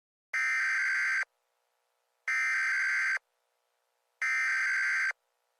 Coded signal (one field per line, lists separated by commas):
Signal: Emergency Alert System (SAME) tones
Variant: header bursts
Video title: EAS Mock #31 | The Trees (Analog Horror)